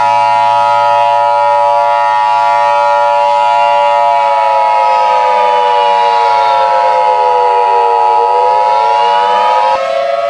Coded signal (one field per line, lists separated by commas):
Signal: Emergency Alert System (SAME) tones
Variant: 853 and 960 Hz attention tone